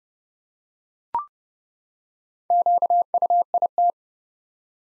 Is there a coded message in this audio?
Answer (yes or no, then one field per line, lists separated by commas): yes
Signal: Morse code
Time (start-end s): 2.5-3.9 s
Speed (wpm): 30 wpm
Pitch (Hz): 700 Hz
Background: none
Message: QUIT